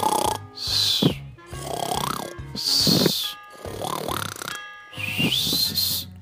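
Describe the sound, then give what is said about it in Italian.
A voice imitates the loud snoring and whistling of Sor Fernando asleep on a bed: three rough, rattling inhales, each followed by a high, thin whistle on the exhale, repeating in a steady cycle. “E tanto forte fischiò e russò che la regina si disgustò.”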